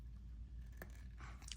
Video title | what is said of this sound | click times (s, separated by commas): CRAZY Blokees preCOOL Oscar the Grouch Opening and Review! | there. I think that clipped in just a little bit better. | 1.5 s